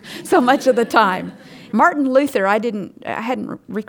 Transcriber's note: laughter